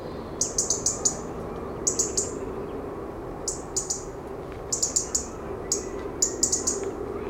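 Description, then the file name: European robin tick calls: fast groups of up to five sharp high clicks and a few single clicks, recurring irregularly, above low steady background noise. "Erithacus rubecula"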